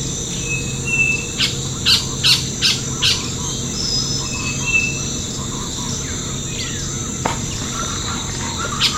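Bird chirps: a quick run of high, bright chirps in the first few seconds and short thin whistles, set against a steady background drone.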